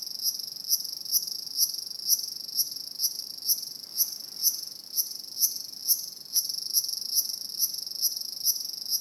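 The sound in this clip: Cicada song, a high buzzing drone pulsing in regular bursts about twice a second, steady throughout.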